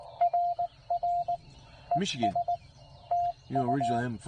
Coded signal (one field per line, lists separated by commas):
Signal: Morse code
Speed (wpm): 19 wpm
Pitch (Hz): 700 Hz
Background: speech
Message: RR ES TU